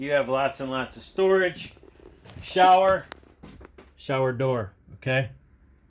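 Someone talks while handling the glass shower door in the RV bathroom of a Columbus 378MBC, whose latch must click shut for travel so the glass does not break. Faint handling taps come around 3.6 to 3.8 seconds between the talking. The clip ends before the door latch has clicked shut; nothing has seated yet.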